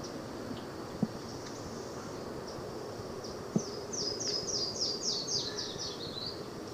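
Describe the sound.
Yellow-throated warbler song: a rapid string of clear, high slurred notes gliding gradually downward, after a couple of sharp clicks, with constant low background noise.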